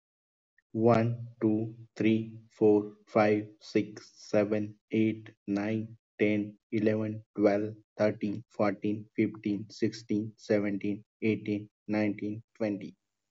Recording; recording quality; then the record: counting at a normal pace; excellent, no background noise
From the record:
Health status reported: healthy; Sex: male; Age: 31 years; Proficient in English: yes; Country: India